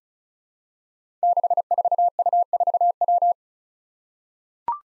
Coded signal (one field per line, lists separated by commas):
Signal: Morse code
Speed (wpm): 36 wpm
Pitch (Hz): 700 Hz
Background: none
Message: 64U4W